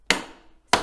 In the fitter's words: and then the platform opens up and locks into place here